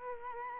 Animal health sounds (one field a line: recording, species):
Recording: mosquito wingbeat signal from an infrared sensor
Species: Culex quinquefasciatus